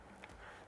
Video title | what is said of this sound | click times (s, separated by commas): Greener GP Review | and until it clicks like that. | 0.2 s